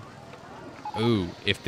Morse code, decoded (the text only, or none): none